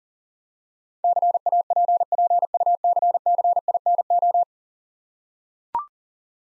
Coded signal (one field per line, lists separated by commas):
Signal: Morse code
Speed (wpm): 40 wpm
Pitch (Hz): 700 Hz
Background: none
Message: CAPPUCCINO